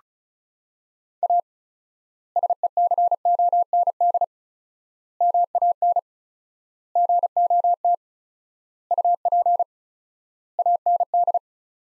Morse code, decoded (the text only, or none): A SECOND MAN GOT UP AND